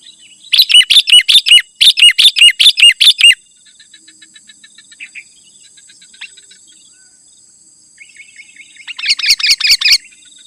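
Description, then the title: Sooty-headed bulbul singing two quick runs of sharp repeated chirps, then quiet, then a final burst; a faint steady high whine runs underneath. "kutilang"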